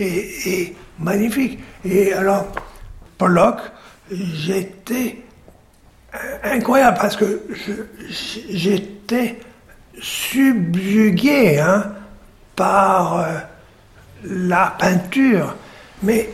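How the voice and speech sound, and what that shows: Adult man speaking French hesitantly, with aphasia after a left-hemisphere stroke about two years earlier. He is relearning language in speech therapy. His syntax is damaged, vocabulary is missing and words get stuck, so drawn-out sounds and long pauses break up his phrases.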